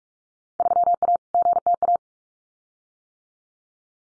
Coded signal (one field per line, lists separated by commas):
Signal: Morse code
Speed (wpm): 44 wpm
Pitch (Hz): 700 Hz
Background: none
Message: 3A GTA